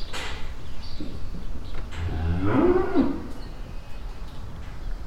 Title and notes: Dorscheid - Barn Yard. die muhenden Kühe, die sich im Stall bewegen